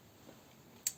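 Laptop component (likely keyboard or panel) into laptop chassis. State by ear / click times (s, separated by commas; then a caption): seated / 0.9 s. A part is pressed back into the plastic chassis of an old Datron laptop during reassembly after cleaning it for the first time in 15 years. Over a low, quiet background, a short, sharp, bright click sounds at 0.9 s as the part seats into place.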